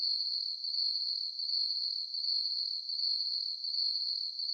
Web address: Animal, Crickets, Chirp, Ambience, Night, Insect, Bug